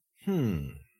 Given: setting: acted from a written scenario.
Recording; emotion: vocal sound without words; confusion